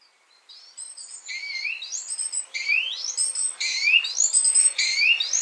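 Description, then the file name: Great tit calls start faintly, then grow into a string of bright, sliding high notes that rise and fall in quick succession. "Parus major"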